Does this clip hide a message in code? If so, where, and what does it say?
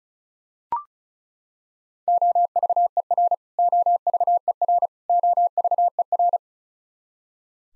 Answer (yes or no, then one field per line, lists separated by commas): yes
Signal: Morse code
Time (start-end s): 2.1-6.4 s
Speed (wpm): 36 wpm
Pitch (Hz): 700 Hz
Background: none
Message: OVER OVER OVER